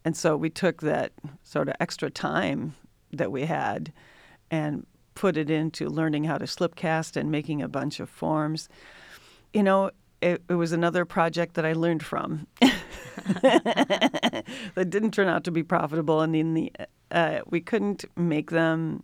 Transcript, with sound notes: We took that extra time that we had, and put it into learning how to slip cast and making a bunch of forms. It was another project that I learned from. [LAUGHTER] That didn't turn out to be profitable. We couldn't make them